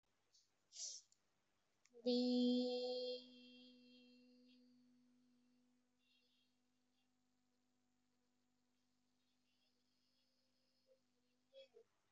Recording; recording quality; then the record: sustained vowel as in beet; excellent, no background noise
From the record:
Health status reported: exposed to COVID-19, no respiratory illness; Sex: female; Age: 27 years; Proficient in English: yes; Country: India